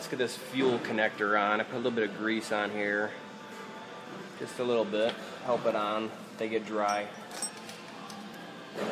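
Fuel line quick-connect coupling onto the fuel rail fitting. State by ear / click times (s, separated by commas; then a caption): not seated / none. On a Ford Taurus 3.0L 12v, someone talks while handling a fuel line quick-connect coupling, greased lightly because they get dry, and lines it up on the fuel rail fitting. Faint handling noise sits under the talk, with one brief sharp sound near 7.4 s. The connector is not yet pushed home, and nothing has clicked or seated yet.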